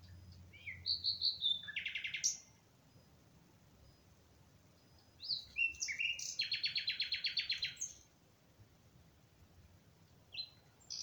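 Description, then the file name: Common nightingale song in two main phrases, each opening with sharp whistled notes and swelling into a fast, loud run of repeated notes. "Nachtigall Nightingale"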